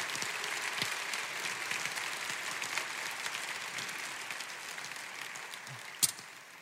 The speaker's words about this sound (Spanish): Ahorita van a subir en unos minutos más las cinco matrimonios que hoy hacen su pacto delante de Dios, y queremos darles un aplauso. ¿Por qué no un aplauso a cada una de las parejas que hoy hacen su pacto?